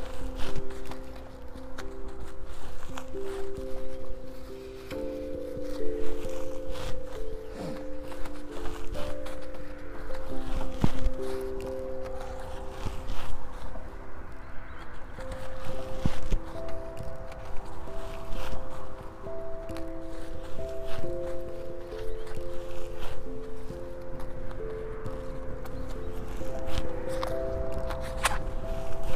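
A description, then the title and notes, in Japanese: Seedlings are planted through holes poked in mulch, with scattered soft thumps and rustles over a calm, steadily shifting melody of held notes. サツマイモのツル苗を植えていきます。あらかじめ張っておいたマルチに棒で穴を開け、一本ずつ苗を置いたのち、土の中に挿していきます。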